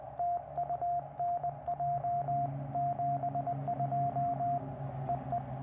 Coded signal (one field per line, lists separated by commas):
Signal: Morse code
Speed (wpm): 20 wpm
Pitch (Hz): 700 Hz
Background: radio noise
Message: TU NJ 72 EE